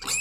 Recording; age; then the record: pig call; weaner (32 to 43 days)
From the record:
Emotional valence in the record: negative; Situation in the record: short isolation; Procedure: open field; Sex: female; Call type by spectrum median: high-frequency call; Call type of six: mixed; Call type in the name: high-frequency stable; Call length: 0.21 s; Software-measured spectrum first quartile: 2888 Hz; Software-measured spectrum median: 5444 Hz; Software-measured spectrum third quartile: 7959 Hz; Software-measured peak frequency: 2572 Hz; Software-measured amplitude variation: 99 dB a second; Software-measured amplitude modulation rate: 19.0 a second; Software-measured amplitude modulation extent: 5.2 dB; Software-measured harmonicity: 6.7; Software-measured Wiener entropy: -2.49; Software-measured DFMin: 1157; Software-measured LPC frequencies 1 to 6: 1288, 2548, 3774, 4552, 6074, 7339 Hz